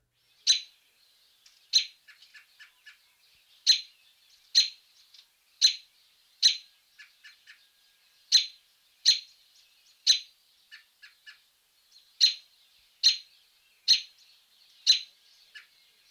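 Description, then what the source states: American Robin calls: a series of sharp loud notes, some followed by a few softer quick notes. A sample of the robin's typical call notes, which are short sounds lacking a specific pattern.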